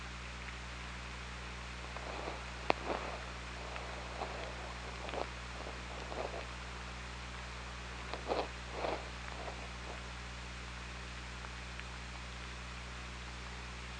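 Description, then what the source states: Killer whale clicks: scattered sharp pulses and several short bursts of rapid clicking, over steady underwater hiss and a constant low hum. Recorded on an OrcaLab hydrophone, 24 August 2017, 20:56:06.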